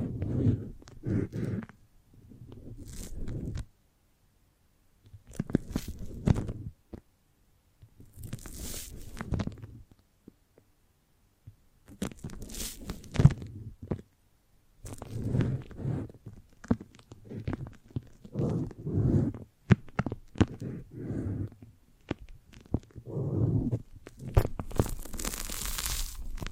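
A foamy, sticky brain massage: squelching, crackling bursts in irregular clusters with silent gaps, some brighter hissy strokes, especially near the end.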